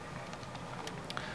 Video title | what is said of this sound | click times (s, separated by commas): Camera parts | and then you twist the lens until it snaps into place there, just like that. | 1.2 s